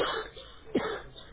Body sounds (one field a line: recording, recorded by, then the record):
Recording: voluntary cough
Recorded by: telephone call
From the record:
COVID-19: positive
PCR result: checked with the laboratory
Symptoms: no